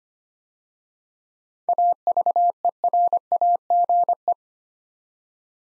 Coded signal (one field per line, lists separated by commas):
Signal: Morse code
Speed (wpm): 25 wpm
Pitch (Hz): 700 Hz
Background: none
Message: AVERAGE